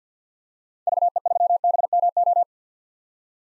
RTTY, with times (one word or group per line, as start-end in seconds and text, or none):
none